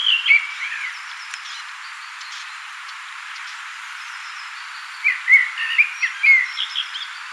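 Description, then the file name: Common blackbird song: a short fluty opening, a long pause, then a fuller warbling phrase of looping whistles and high twittering notes. "Turdus merula"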